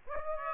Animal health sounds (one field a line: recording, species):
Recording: mosquito wingbeat signal from an infrared sensor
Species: Aedes aegypti